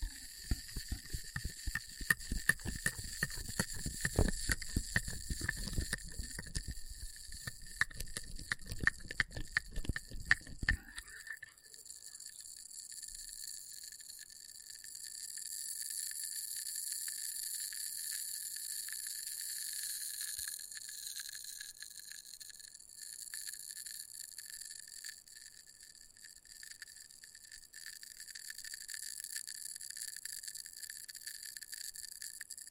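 Experimental triggers in test tubes: for the first eleven seconds, dense crackling and rattling taps run with a low rumble underneath. Then the low sound drops away, leaving a steady, shimmering high ringing, like a thin chirping buzz, that wavers gently to the end.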